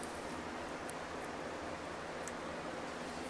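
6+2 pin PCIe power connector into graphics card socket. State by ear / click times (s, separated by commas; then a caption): seated / 0.9 s, 2.3 s. A 6+2 pin PCIe power cable plug is pushed into the power socket of a graphics card being added as the fourth GPU in a mining rig. Two short, sharp clicks stand out over steady broadband noise, at 0.9 s and 2.3 s. The connector seats with a click, though it is unclear which of the two is the latch.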